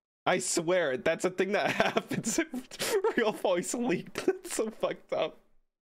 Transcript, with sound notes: I swear, that's a thing that happens! [laughs] 'Real voice leak' [laughs] That's so fucked up!